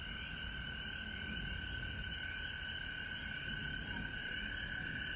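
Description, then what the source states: Frog chorus, steady high whistling drone and pulsed trills, partly masked by continuous low rumbling noise. Recorded at home in Georgia on March 19, 2020.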